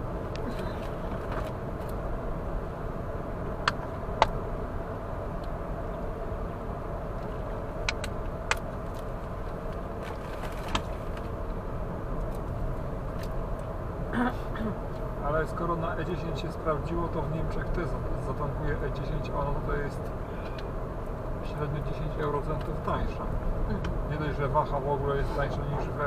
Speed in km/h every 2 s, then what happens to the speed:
63, 65, 65, 64, 63, 62, 61, 61, 61, 60, 59, 59, 59.
0-26 steady at about 61.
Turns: none.